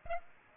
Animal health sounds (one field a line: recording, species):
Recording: mosquito wingbeat signal from an infrared sensor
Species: Aedes aegypti